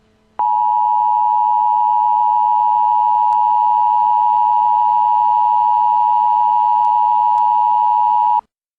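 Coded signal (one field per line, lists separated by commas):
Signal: Emergency Alert System (SAME) tones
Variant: 853 and 960 Hz attention tone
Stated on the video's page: Fictional EAS alert.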